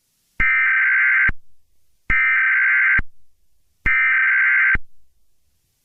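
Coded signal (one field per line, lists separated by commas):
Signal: Emergency Alert System (SAME) tones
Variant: header bursts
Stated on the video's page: Fictional EAS scenario.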